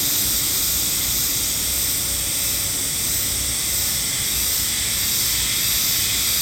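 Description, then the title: Hime-harusemi cicada chorus, continuous shrill buzzing with a faint rapid pulsing, running throughout. Sacred forest of Nō Hakusan Shrine, northernmost habitat on the Sea of Japan side, near season's end; recorded with an MKH8020 microphone; cicadas singing fairly well. "能生白山神社のヒメハルゼミ"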